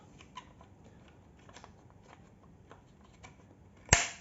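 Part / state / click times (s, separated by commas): roof bar end cap into roof bar end / seated / 3.9 s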